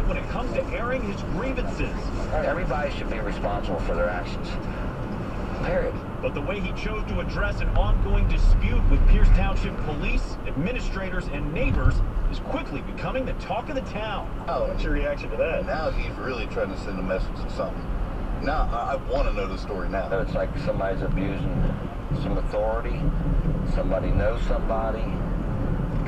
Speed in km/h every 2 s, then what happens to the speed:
68, 66, 64, 63, 61, 61, 63, 64, 66, 66, 63, 63, 60.
0-7 slows to 61. 7-18 steady at about 63. 18-26 slows to 60.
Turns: none.